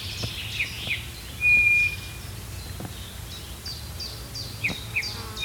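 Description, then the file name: Eurasian bullfinch with a steady level whistle followed later by two brief soft piping notes, amid repeated high chirps from another bird and light background noise. "Pyrrhula pyrrhula"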